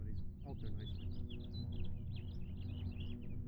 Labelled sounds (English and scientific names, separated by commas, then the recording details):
House Finch (Haemorhous mexicanus) song
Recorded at Hewlett Harbor on Long Island, New York, on 10 June 1975
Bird C